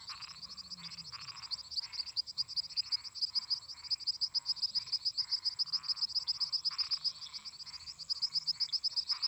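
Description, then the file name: Toads calling in repeated blocky croaks against an unbroken rapid high-pitched insect trill and a steady thin whine. Toads singing at night together with crickets and cicadas. "Grilos cigarras e sapos cantando a noite"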